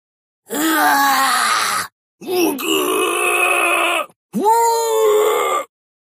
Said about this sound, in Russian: Мученические, дрожащие крики донеслись из ущелья, ледяным эхом отразившись от безразличных гранитных стен.